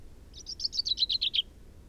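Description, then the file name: Common chaffinch song fragment: a quick run of about nine bright notes, sliding gently downward in pitch over roughly one second, with a quiet background. "Fringilla coelebs"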